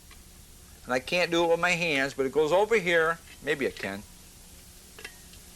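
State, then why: Seated. A small metal retaining clip is pushed by hand onto a brake assembly while someone talks. After the talking stops, a short sharp click at 5.1 s marks the clip snapping into place and seating.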